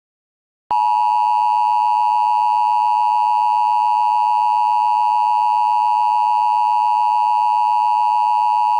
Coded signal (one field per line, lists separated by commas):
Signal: Emergency Alert System (SAME) tones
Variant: 853 and 960 Hz attention tone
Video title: EAS Mock:2018 National Test but on DASDEC